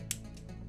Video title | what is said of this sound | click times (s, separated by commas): From Corvette to Jet-Set! Transforming Star Toys ST-01 Tracker (Tracks) - ToyTesterTeo | you you hear those two clicks and then the head is in place. | 0.1 s, 0.4 s